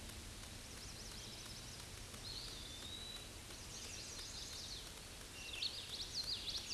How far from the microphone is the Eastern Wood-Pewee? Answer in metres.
about 45 m